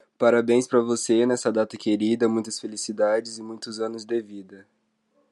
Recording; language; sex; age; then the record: short text; Brazilian Portuguese; male; 20 to 29 years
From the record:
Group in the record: control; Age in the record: 21 years